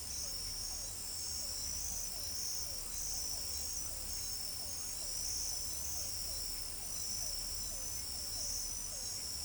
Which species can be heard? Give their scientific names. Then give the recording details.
none. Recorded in pastures near Pivijay, Magdalena, Colombia, on 2 June 2023 at 00:00. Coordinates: 10.456, -74.369. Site P6-G026